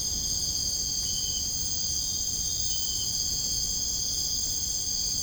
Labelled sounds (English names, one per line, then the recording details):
none
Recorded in dense forest near Puerto Asís, Putumayo, Colombia, on 22 June 2025 at 02:30
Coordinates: 0.481, -76.323
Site G072